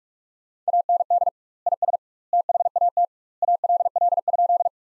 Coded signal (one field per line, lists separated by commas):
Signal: Morse code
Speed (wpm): 46 wpm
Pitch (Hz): 700 Hz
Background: none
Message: AND IS THAT ALL?